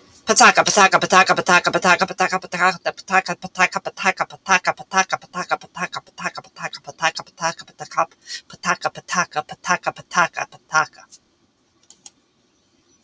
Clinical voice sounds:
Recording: repeated syllables /pa ta ka/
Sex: female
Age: 40 to 49 years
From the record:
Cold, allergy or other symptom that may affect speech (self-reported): no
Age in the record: 48 years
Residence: New Jersey, United States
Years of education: 16

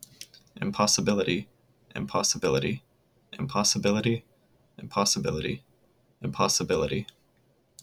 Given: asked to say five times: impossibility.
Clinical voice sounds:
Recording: repeated word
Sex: male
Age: 20 to 29 years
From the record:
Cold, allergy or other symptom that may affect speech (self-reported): no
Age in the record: 24 years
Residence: Arkansas, United States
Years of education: 16

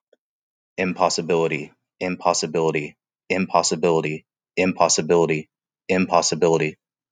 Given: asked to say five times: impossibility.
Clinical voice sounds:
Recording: repeated word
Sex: male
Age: 30 to 39 years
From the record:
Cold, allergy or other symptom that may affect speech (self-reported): no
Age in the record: 31 years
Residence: Texas, United States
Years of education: 16

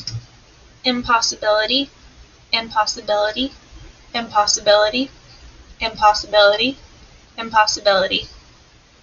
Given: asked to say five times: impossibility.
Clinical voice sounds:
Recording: repeated word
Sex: female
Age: 20 to 29 years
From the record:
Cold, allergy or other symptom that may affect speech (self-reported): no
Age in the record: 23 years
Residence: Florida, United States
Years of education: 18

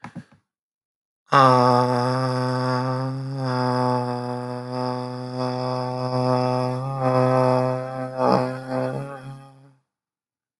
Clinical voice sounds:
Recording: vowel held as long as possible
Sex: male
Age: 20 to 29 years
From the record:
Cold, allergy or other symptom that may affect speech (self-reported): no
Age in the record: 29 years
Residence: Iowa, United States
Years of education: 16

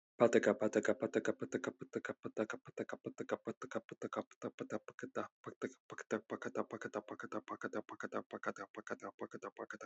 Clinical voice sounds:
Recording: repeated syllables /pa ta ka/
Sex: male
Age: 30 to 39 years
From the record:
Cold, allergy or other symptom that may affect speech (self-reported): no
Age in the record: 32 years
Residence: Texas, United States

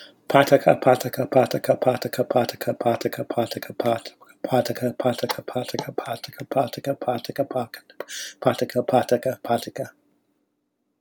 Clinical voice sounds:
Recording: repeated syllables /pa ta ka/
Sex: male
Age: 70 to 79 years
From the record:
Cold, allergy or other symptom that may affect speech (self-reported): no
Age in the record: 70 years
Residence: Louisiana, United States

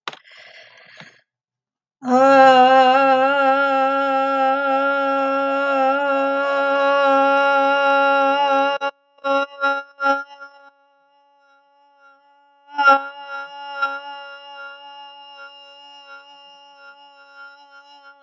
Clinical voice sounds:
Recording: vowel held as long as possible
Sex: female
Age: 40 to 49 years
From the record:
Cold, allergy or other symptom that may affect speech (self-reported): no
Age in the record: 41 years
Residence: Texas, United States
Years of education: 14

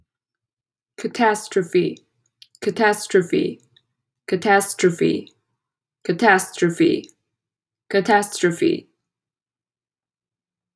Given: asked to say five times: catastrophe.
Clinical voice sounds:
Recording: repeated word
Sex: female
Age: 20 to 29 years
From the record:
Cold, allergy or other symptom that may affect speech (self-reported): no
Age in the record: 25 years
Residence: Texas, United States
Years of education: 16

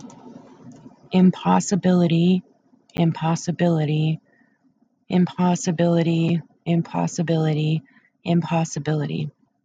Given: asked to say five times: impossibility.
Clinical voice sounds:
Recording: repeated word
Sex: female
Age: 30 to 39 years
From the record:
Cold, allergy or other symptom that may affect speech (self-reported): no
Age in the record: 37 years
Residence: Massachusetts, United States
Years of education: 13

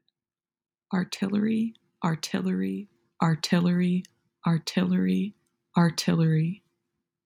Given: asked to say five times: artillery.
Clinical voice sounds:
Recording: repeated word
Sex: female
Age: 20 to 29 years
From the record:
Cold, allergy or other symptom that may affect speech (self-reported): no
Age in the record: 21 years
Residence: Florida, United States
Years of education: 16

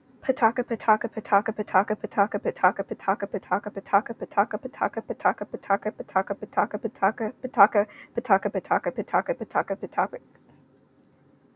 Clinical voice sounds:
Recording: repeated syllables /pa ta ka/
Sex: female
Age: 20 to 29 years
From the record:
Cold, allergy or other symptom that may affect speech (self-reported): no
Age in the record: 23 years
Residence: Georgia, United States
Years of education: 15

